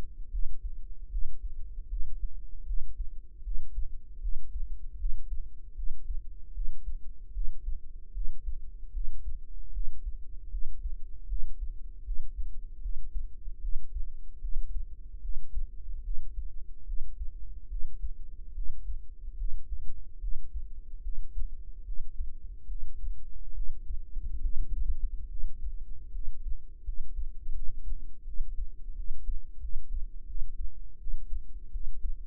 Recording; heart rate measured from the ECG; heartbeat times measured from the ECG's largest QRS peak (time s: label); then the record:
heart sounds by microphone in the right ear; 76 bpm
0.31 s: heartbeat
1.10 s: heartbeat
1.89 s: heartbeat
2.65 s: heartbeat
3.43 s: heartbeat
4.20 s: heartbeat
4.98 s: heartbeat
5.75 s: heartbeat
6.53 s: heartbeat
7.33 s: heartbeat
8.13 s: heartbeat
8.92 s: heartbeat
9.72 s: heartbeat
10.50 s: heartbeat
11.27 s: heartbeat
12.04 s: heartbeat
12.81 s: heartbeat
13.60 s: heartbeat
14.40 s: heartbeat
15.21 s: heartbeat
16.02 s: heartbeat
16.85 s: heartbeat
17.68 s: heartbeat
18.53 s: heartbeat
19.36 s: heartbeat
20.19 s: heartbeat
21.01 s: heartbeat
21.83 s: heartbeat
22.67 s: heartbeat
23.53 s: heartbeat
24.40 s: heartbeat
25.27 s: heartbeat
26.11 s: heartbeat
26.83 s: heartbeat
27.52 s: heartbeat
28.23 s: heartbeat
28.94 s: heartbeat
29.59 s: heartbeat
30.25 s: heartbeat
30.97 s: heartbeat
31.70 s: heartbeat
From the record:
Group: healthy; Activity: breath hold 0-27 s, rest 27-32 s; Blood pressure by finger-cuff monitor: 94/55 mmHg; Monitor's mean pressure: 69 mmHg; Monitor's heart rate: 75 bpm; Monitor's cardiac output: 7.1 L/min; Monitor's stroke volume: 93 mL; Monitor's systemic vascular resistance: 690 dyn s/cm5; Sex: female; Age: 19 years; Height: 163 cm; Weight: 48.9 kg